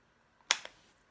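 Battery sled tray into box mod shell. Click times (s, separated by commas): 0.5 s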